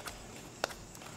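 A thumb pulls the rubber tire bead on the back side of a Kyosho SC-R Ultima SC short course R/C wheel up into the plastic rim's groove. A sharp snap at 0.6 s marks the bead seating in the groove, followed by a faint tick near 0.9 s.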